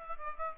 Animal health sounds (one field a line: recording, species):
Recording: mosquito wingbeat signal from an infrared sensor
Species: Aedes aegypti